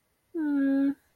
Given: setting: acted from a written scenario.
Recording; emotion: vocal sound without words; romantic love